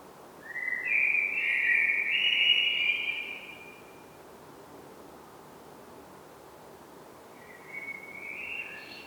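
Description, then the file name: Common blackbird: one sustained, flowing flute-like phrase, then a long gap and a quieter, shorter phrase near the end, with faint hiss throughout. "Turdus merula"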